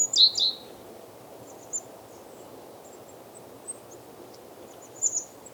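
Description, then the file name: Great tit call: a brief burst of high, sharp notes at the start, then only faint scattered high chirps against a low hiss. "Parus major"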